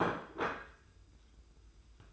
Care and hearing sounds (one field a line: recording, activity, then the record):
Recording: daily activity, microphone in the room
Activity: place plate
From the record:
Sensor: 2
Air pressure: 990.7 hPa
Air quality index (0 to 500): 151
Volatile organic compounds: 427 ppm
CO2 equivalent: 4714 ppm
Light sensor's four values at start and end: 28/63/26/26 and 28/63/26/26